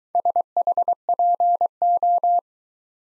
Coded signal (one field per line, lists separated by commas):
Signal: Morse code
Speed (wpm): 22 wpm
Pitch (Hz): 700 Hz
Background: none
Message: SHPO